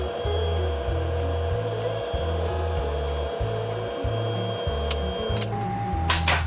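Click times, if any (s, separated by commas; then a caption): 6.1 s, 6.3 s. A king-size bunk bed frame is raised against the ceiling on a steady, droning motor whine with pulsing low hum. Its latch clicks into the top ceiling catch at 6.1 and 6.3 seconds, seating the bunk in place.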